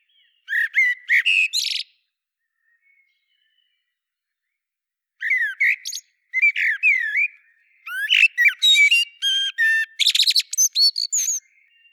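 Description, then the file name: Common blackbird delivering warbling phrases with fluty lower notes and sharp, high-pitched chattering endings, the later bursts longer and denser. "Turdus merula"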